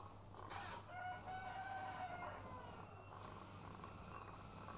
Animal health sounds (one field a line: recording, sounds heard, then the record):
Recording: poultry house recording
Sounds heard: sick chickens (respiratory disease)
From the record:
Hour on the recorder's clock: 12